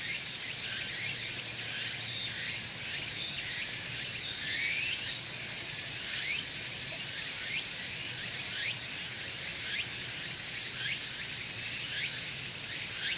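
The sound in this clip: Meimuna opalifera cicada song, a steady intense high buzz carrying repeated rising strokes throughout.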